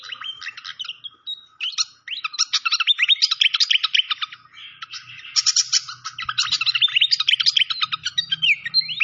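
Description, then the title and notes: Malaysian pied fantail song with a brief opening phrase, a short gap, then long bursts of hurried twittering and slurred whistles, with faint low hum in the background. Training (masteran) recording of clear-voiced song mixed with the sound of trickling water. "Masteran Sikatan Kipas Suara Jernih Dan Suara Gemericik Air. Suara Burung Sikatan Londo"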